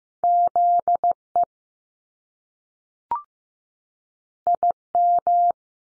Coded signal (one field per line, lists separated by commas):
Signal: Morse code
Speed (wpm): 15 wpm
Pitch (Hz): 700 Hz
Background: none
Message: Z EI M